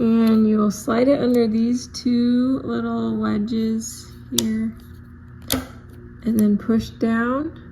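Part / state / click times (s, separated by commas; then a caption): coin cell battery into remote control battery holder / not seated / none. A 3V coin cell is slid under two small retaining wedges and pushed down toward the battery holder of a LiftMaster gate remote control while someone talks, with a brief sharp tap near 5.5 seconds. The cell has not yet seated or clicked into place by the end of the clip.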